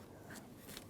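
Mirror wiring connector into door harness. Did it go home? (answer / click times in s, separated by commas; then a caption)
yes / 0.8 s. A plastic driver's side mirror wiring connector on a 2007-2013 Mitsubishi Outlander is pushed back into its socket in the door harness. A short, sharp click is heard at 0.8 s, and the connector is seated.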